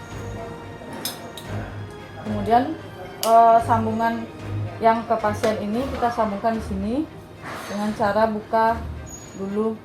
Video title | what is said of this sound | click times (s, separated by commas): How to use Draeger Vista 120 pattient monitor | Di sini ada yang cekungan dua ini juga disesuaikan, kemudian dipasang agar langsung masuk sampai ada bunyi klik. | 1.0 s, 1.4 s